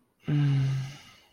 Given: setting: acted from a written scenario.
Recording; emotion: vocal sound without words; serenity